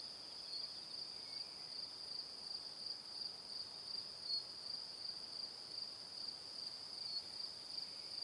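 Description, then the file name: Cricket: an unbroken chorus of crickets chirping at a high pitch, softly pulsing, over faint hiss. Crickets in the evening. "Calm - Evening Crickets"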